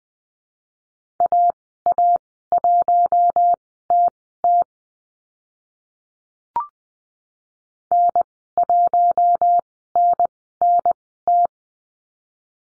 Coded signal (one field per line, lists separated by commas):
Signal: Morse code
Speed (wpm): 20 wpm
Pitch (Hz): 700 Hz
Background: none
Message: AA1TT N1NNT